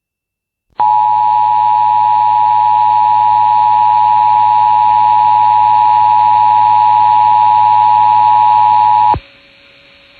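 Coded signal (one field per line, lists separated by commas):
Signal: Emergency Alert System (SAME) tones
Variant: 853 and 960 Hz attention tone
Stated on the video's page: Real Amber Alert EAS activation relayed over AM talk radio, FM country radio, a TV station and NOAA Weather Radio.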